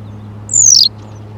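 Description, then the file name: A single western yellow wagtail call: one brief, shrill, descending 'tseep' note over a steady low hum. "Bergeronnette-printanière- -Motacilla-flava"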